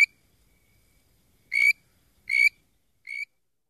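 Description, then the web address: Bird-voiced treefrog calling, a few short whistled notes separated by brief silences; no other sounds. "Frog Calls Hyla avivoca - Bird Voiced Treefrog"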